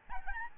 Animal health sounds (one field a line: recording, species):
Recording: mosquito wingbeat signal from an infrared sensor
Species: Aedes albopictus